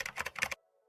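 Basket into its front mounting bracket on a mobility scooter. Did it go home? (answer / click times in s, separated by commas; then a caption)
no / none. A plastic/wire basket is handled against its front mounting bracket on a mobility scooter as it is being clipped back on. A quick run of sharp, clattering taps and rattles lasts about half a second, then it goes quiet. Nothing has seated or clicked yet.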